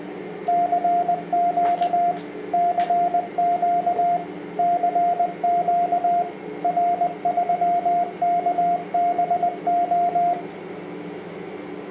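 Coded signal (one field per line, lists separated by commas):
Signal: Morse code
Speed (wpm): 20 wpm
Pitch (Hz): 700 Hz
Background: radio noise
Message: CQ CQ CQ R3KBO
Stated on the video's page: Test of a 1200 W SSB/CW 160–6 meter power amplifier with heat pipes and a BLF188XR.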